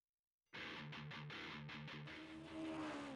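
A race car engine roars in loudly and revs hard in a series of quick, rhythmic pulses, then holds a steady snarl with a climbing whine at the end. No talking.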